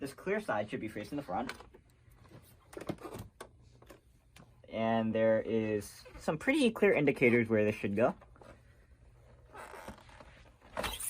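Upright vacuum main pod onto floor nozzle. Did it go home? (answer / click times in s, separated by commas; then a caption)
no / none. Someone talks while lining up the plastic main pod of a Shark Rotator Pro Upright Vacuum Cleaner Lift-Away DuoClean Self-Cleaning on its floor nozzle, turning it so the clear side faces the front and matches the indicators. Soft handling knocks and taps sound around 2.7 to 4.4 seconds, with faint ones near 8.4 and 10.8 seconds. The pod is only positioned; nothing has clicked into place yet.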